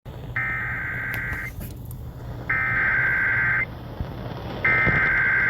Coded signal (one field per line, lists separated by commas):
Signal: Emergency Alert System (SAME) tones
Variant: header bursts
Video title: Flash Flood Warning on KTOK #2 | 7/26/21 | EAS 406